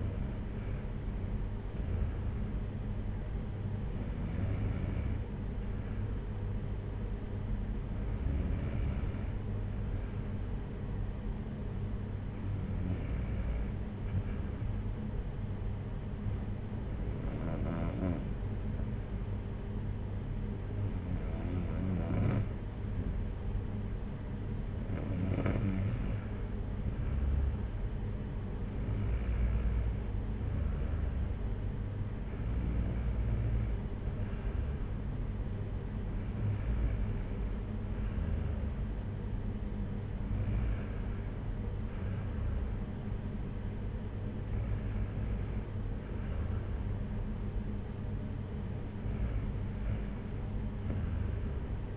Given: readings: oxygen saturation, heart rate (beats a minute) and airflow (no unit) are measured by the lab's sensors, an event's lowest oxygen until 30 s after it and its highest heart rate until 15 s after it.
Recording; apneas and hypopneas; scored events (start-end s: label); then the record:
breathing in sleep by a smartphone at the bedside; 1
8.00-25.80 s: hypopnea (N2, oxygen 95% highest, then 94% lowest, heart rate 59 at the start, 62 highest)
14.00-44.00 s: new sleep stage, N1 (lightest sleep)
44.00-51.96 s: new sleep stage, N2 (light sleep)
From the record:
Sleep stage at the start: N2 (light sleep); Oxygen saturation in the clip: 94 to 95%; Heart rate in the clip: 55 to 62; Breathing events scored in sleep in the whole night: 226 in 8.8 hours asleep